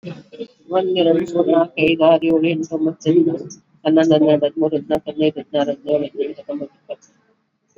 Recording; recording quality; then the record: counting at a fast pace; moderate, slight background noise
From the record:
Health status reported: exposed to COVID-19, no respiratory illness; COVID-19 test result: not tested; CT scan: not taken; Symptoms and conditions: cough, cold, fever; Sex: female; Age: 55 years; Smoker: no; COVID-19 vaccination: both doses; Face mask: worn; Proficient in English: yes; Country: India